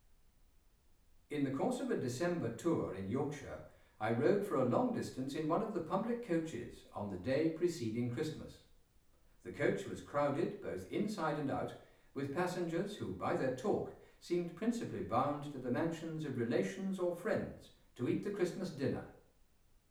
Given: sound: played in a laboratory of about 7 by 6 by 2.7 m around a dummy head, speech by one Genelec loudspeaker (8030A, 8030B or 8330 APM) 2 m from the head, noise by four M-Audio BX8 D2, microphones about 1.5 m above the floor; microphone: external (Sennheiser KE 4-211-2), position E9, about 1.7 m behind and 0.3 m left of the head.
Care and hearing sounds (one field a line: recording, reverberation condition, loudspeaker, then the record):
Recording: male speech in English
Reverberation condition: medium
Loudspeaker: 60 degrees to the left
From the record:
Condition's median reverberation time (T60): about 510 ms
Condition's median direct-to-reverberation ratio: about -0.5 dB